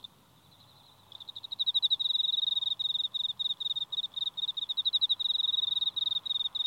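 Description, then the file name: Emma field cricket chirping: clear high-pitched pulsed chirps in rapid groups of a few notes, steadily repeating after a quiet first second, over a faint background hiss. "enmakoorogi"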